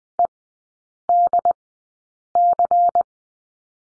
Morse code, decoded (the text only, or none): EDC